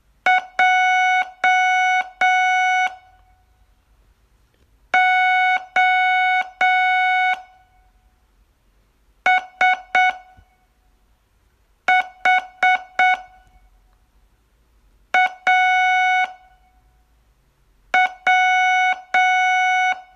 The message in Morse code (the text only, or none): JOSHAW